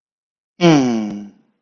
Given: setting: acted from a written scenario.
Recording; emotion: vocal sound without words; contentment